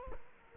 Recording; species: mosquito wingbeat signal from an infrared sensor; Culex quinquefasciatus